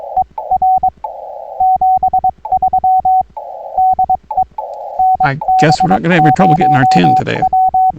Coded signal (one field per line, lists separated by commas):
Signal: Morse code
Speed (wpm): 22 wpm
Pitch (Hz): 750 Hz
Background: speech, radio noise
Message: ER 73 DE NB0W